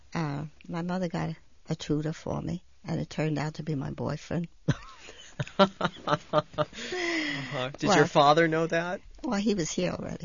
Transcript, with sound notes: My mother got a tutor for me, and it turned out to be my boyfriend. ( they laugh )
Did your father know that?
Well, he was here already.